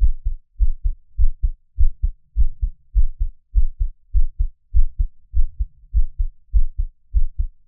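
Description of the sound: Steady paired low thumps, lub-dub, repeat at about 100 beats a minute in a regular rhythm, with no talking. These are ordinary first and second heart sounds from a normal adult heartbeat, part of a monthly heartbeat recording.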